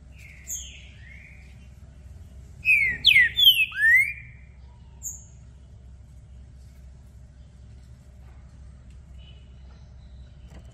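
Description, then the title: Green-winged saltator song: soft slurred whistles, then a loud burst of overlapping descending whistled notes, followed by faint high notes and quiet background. Trinca-ferro song used to warm up a bird for a singing contest; calling, singing and acting aggressive, switching between several song types, meant to open the bird's song. "ESQUENTAR Seu TRINCA Piando, Cantando E Macheando Na DISPUTA. Trinca Ferro VALENTE! VIRANDO VARIOS TIPOS DE CANTOS!! ABRIR O CANTO!!"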